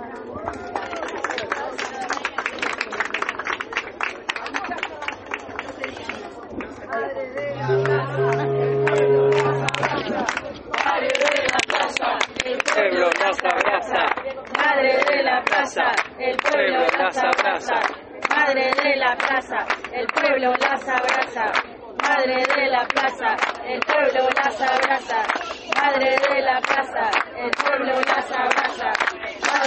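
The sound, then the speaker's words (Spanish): A crowd at the Ronda de los Jueves chants and shouts "presente" in unison, a loud, rhythmic collective call repeated over and over, with scattered clapping woven through the steady roar of voices. “Ronda de los jueves gritando presente es asumir la identidad que tenemos.”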